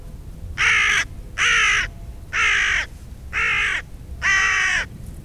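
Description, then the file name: Carrion crow calling five rasping caws in a steady series, about one per second, each harsh and drawn out, with faint low rumble beneath. "Corvus corone"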